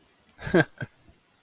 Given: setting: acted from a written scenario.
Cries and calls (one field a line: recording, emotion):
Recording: vocal sound without words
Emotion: contentment